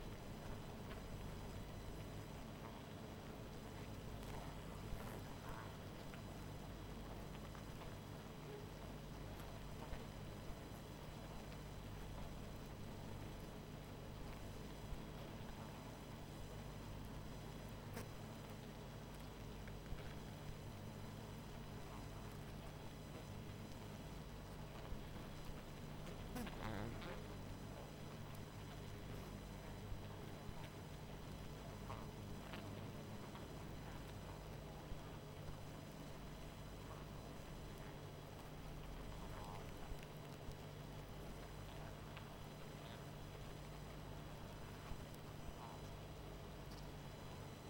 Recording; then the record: honeybee colony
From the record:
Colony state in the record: missing queen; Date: 14 July 2017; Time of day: 20:36